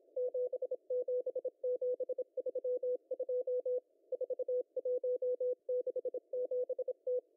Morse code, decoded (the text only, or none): 77732 4167T